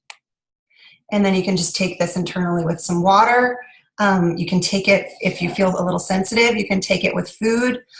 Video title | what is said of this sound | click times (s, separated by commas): How to make a roller spray veggie cap and fill diffuser | Then you'll pop this little top on, make sure you hear it snap closed. | 0.1 s